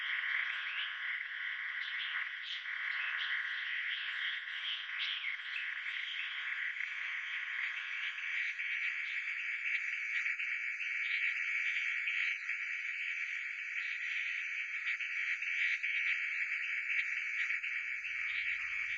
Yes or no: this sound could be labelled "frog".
yes